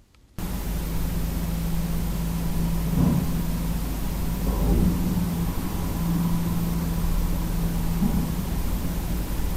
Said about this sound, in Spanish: Se oyen coches y se oyen motocicletas y probablemente podríamos volver a escucharlo